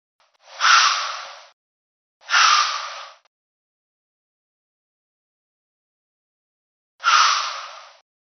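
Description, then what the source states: Deer snorting: three harsh, airy exhalations, the first two close together, then a long silence before a third forceful blast. Buck snort-wheeze.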